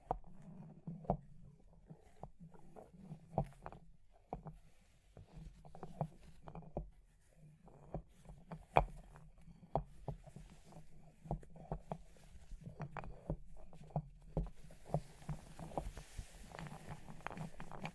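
Fire crackling, with frequent sharp pops and snaps scattered irregularly across the whole stretch, some louder than others. Underneath runs a low, steady murmur that wavers slightly, and near the end a soft hiss rises and lingers over the final few seconds.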